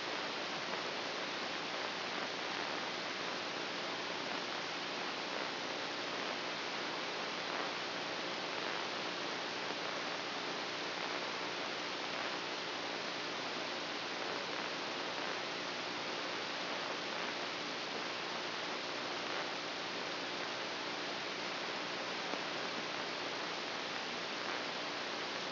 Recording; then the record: brain microelectrode recording played as sound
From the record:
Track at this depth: inside the subthalamic nucleus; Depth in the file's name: 0.139 mm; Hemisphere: right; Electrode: 3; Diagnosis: Parkinson's disease